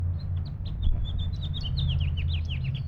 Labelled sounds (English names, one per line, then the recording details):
House Finch song
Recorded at Lynbrook on Long Island, New York, on 17 June 1975
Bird D